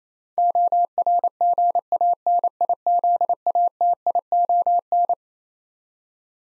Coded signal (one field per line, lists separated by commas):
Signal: Morse code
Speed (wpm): 28 wpm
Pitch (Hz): 700 Hz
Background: none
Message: ORGANIZATION